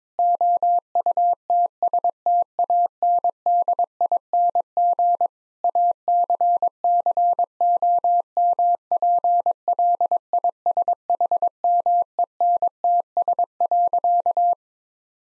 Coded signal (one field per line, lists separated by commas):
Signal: Morse code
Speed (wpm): 22 wpm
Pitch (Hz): 700 Hz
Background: none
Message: OUTSTANDING ACCOMPLISHMENTS.